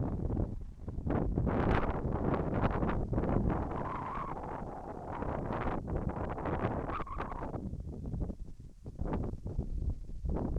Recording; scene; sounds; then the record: everyday scene through a hearing-aid microphone; wind on the microphone; wind, whistling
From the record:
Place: in front of a rural house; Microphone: behind the ear, left, rear